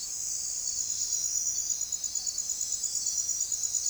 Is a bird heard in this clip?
no